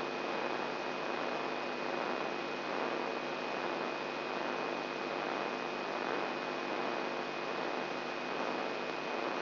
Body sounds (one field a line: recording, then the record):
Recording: brain microelectrode recording played as sound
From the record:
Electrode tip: outside the subthalamic nucleus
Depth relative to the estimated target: 1.5 mm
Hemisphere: right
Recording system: AlphaMap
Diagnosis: Parkinson's disease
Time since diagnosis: 11 years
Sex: male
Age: 67 years